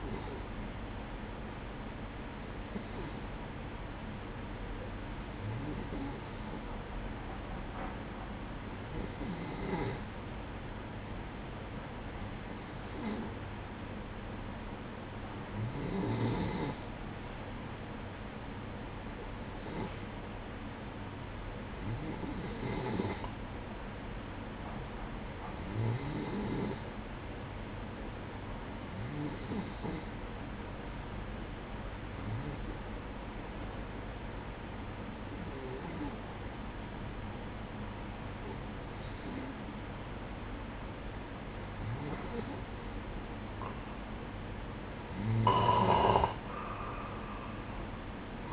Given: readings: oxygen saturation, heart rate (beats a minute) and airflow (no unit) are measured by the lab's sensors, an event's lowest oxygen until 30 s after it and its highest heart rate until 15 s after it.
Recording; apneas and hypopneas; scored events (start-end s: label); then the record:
breathing in sleep by a voice recorder at the bedside; none
none scored
From the record:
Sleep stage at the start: N3 (deep sleep); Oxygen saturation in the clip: 93 to 94%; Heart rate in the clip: 61 to 65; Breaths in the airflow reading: 15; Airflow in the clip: -8.9 to 8.0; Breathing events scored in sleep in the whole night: 180 in 6.7 hours asleep